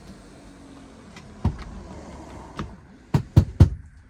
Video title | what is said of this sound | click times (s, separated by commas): 2001 Monaco motorcoach detailed overview | hear those two clicks, and that's when I take my finger off of the button. | 3.1 s, 3.4 s, 3.6 s